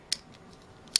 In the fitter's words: and it is just a little hard to get it back to lock into place